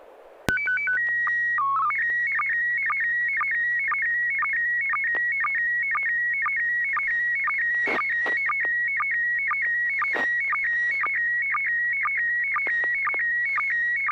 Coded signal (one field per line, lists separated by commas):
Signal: SSTV (slow-scan television)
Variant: PD 120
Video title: N6NA SSTV Net - 12/15/2021